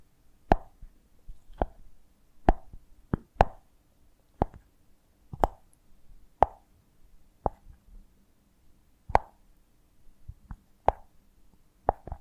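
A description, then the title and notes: ASMR sounds of a honeycomb on a branch: a series of sharp, wet plops and sticky clicks, each a quick tap with a short ringing tail. They come roughly once a second, unevenly spaced, some in quick pairs, over a faint low rumble and soft rustling. ASMR of a Honeycomb on Branch (No Talking).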